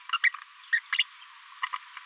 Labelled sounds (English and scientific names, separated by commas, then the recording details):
Green-rumped Parrotlet (Forpus passerinus) babbling
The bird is a female
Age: 29 days
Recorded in a nest box in Venezuela
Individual 17B73B2